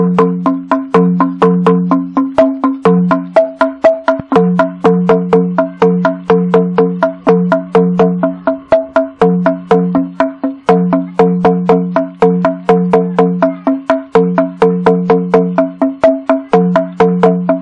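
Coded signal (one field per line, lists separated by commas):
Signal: talking drum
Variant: Bora manguaré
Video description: Muuaá Mebyeuwááíí (Llamamos para compartir). Particularmente este golpe se aplica en el maguaré para llamar a los vecinos(as) indígenas que circundan a la población que llama, se llama para compartir la pesca y/o caza que haya resultado abundante.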